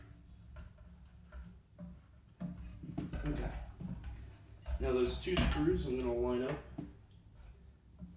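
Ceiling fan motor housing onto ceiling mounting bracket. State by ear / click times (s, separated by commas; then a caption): not seated / none. Someone talks while lining up the two screws on a Hunter Duncan-style ceiling fan motor housing with the slots of the ceiling mounting bracket before pushing it home. Brief knocks and handling noises are heard during the fitting. Nothing has seated or clicked yet.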